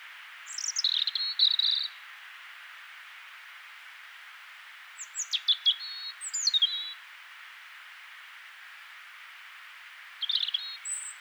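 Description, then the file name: European robin song: thin, high, tumbling phrases of quick slurred notes and warbles, in a few short bursts separated by pauses, over a steady background hiss. "Erithacus rubecula"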